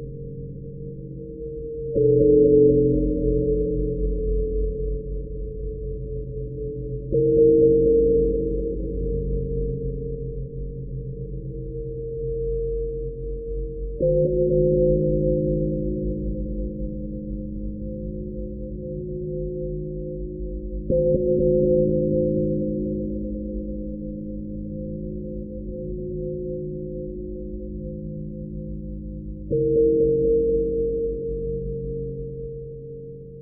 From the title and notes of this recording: Sampled a short loop of a small prayer bowl being struck with a soft mallet into audacity. Applied change speed fx to speed the loop up 4x. A reverb was then applied.